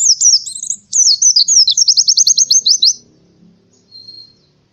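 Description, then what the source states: Canary song: a quick jumble of high whistled notes, then a fast even trill of repeated sweeps, ending in a brief faint note. Canary song used as a master song for training birds.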